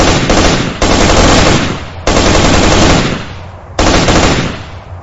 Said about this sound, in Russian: Но мы встретили ее плотным огнем с двух автоматов. На мой взгляд, все пули попали в цель, но действия возымели мало.